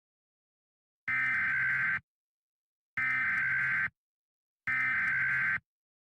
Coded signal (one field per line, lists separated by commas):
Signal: Emergency Alert System (SAME) tones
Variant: header bursts